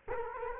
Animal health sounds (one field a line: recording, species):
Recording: mosquito wingbeat signal from an infrared sensor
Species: Culex quinquefasciatus